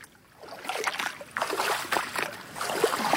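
Footsteps slosh and splash through ankle-deep water on the Lonnekerberg in Twente, Netherlands, in a steady rhythm, roughly two steps a second, each a bright watery swish over a soft continuous trickle.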